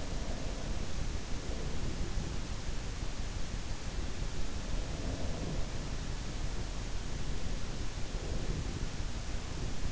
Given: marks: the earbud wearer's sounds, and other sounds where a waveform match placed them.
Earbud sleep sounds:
sounds in sleep by an in-ear microphone; breath
0.00-2.51 s: breath
3.81-5.91 s: breath
7.03-9.43 s: breath

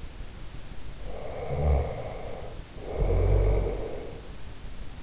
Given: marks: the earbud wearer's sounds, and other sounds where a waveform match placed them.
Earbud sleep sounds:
sounds in sleep by an in-ear microphone; snoring breath
1.00-4.18 s: snoring breath

